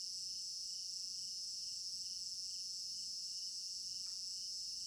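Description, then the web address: Crickets chirping in a constant high-pitched pulsing chorus; a brief sharp knock sounds near the end. Crickets in an African village garden at night; stereo binaural recording. "African-Village Garden Night Crickets Stereo-Binaural. immersive sound library"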